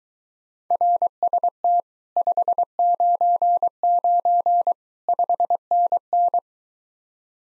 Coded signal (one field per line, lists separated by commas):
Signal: Morse code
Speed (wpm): 24 wpm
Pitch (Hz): 700 Hz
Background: none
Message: RST 599 5NN